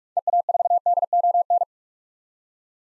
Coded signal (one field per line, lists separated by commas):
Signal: Morse code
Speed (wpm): 42 wpm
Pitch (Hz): 700 Hz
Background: none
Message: EA4DON